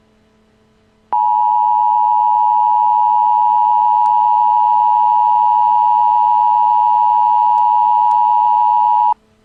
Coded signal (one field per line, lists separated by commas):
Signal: Emergency Alert System (SAME) tones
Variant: 853 and 960 Hz attention tone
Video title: Double Tornado Warning: Wisconsin